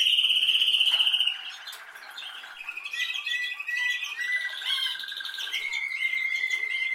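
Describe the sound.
Canary song opening with a loud ringing trill, then softer rolling trills and clear whistled phrases that shift pitch, ending in a steady high trill.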